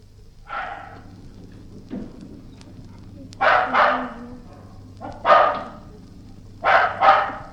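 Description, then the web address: Dog giving single and double sharp barks with gaps between, a low steady hum throughout. Dogs of unknown breed barking. "Sound Effects-BBC Dogs"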